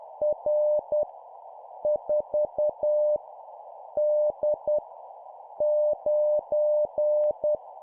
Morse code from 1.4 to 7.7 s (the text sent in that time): 4 D 9